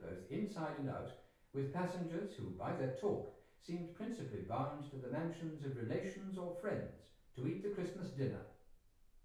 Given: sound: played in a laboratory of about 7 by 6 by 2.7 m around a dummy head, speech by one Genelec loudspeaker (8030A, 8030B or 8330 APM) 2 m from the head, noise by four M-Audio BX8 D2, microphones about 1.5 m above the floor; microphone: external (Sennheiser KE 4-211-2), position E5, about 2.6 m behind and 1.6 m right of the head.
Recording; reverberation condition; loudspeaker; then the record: male speech in English; medium; 120 degrees to the left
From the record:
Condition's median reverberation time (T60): about 510 ms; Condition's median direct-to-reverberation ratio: about -0.5 dB